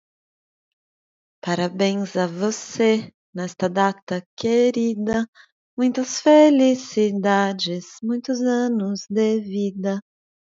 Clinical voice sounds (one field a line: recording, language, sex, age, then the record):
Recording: short text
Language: Brazilian Portuguese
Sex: female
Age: 30 to 39 years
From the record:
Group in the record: control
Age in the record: 31 years